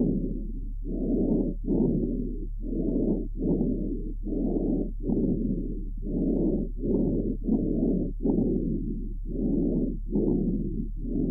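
Loud, harsh breath sounds, similarly loud on inspiration and expiration, about 34 a minute: bronchial breathing in a resting adult horse with aspiration pneumonia. Lung sounds like those of a healthy foal, which in a resting adult horse occur only under pathological conditions.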